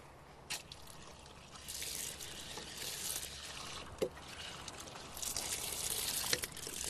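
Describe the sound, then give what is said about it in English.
Water runs steadily from a donated drinking-water tap meant only for drinking, a broad hissing trickle that swells louder in bursts, with a couple of sharp clinks and brief splashes along the way. “And this, anyone want to make wudu or drink? Yeah, this drink is drinking water.”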